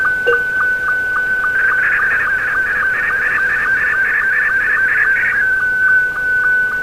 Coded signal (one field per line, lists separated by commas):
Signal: SSTV (slow-scan television)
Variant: Scottie 2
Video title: SSTV and an interactive video.